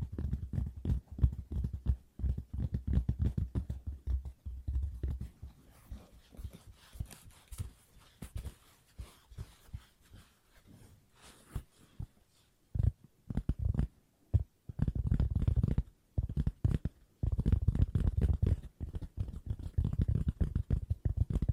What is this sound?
ASMR Tapping No Talking Fast